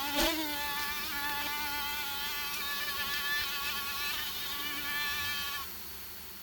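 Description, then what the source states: Mosquito whine, a thin buzzing drone with wavering pitch, overlapping tones holding steady, then the sound thins out near the end, leaving a quieter hiss. Several mosquitoes whining; from the Finnish broadcaster Yle's collection.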